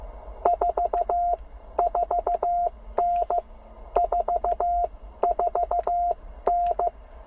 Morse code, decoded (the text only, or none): 44N 44N